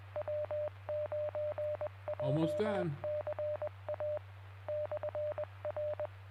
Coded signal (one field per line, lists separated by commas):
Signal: Morse code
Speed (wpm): 21 wpm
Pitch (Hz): 600 Hz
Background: speech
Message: W9JCA /R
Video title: Nov 1, 2022: Jay County Amateur Radio Club Tuesday Net at 7 PM Eastern